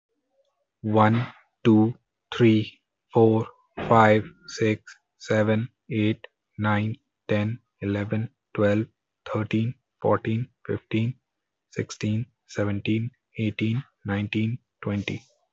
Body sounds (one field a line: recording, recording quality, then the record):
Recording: counting at a normal pace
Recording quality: excellent, no background noise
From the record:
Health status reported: healthy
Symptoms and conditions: none ticked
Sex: male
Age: 24 years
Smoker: not ticked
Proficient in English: yes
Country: India